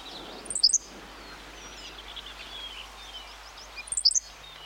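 Henslow's sparrow giving two short, high, insect-like hiccuping songs about three and a half seconds apart, over background hiss.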